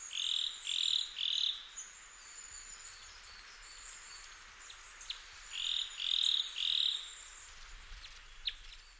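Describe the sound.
Crossbill calls: two bursts of three sharp, hard notes in quick succession, separated by a few seconds of quieter background with faint ticks.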